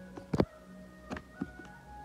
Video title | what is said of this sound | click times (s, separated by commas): BEST HELMET UNDER 4000 - Ignyte IGN - 4 Unboxing And Review - Best Motovlogging Setup | ये अच्छे से lock हो गया फिट हो गया | 0.4 s